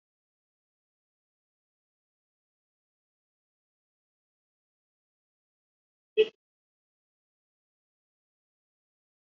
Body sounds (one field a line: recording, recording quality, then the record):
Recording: shallow breathing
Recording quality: poor, much background noise or distortion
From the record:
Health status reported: COVID-19 positive, no symptoms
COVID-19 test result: positive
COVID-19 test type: RT-PCR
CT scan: not taken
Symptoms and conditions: hypertension, diabetes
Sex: male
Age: 46 years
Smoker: yes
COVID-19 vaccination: both doses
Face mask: worn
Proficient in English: no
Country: India